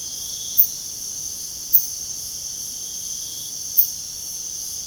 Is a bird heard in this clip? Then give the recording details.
no. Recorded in pastures near Puerto Asís, Putumayo, Colombia, on 29 June 2025 at 02:30. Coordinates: 0.497, -76.327. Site G040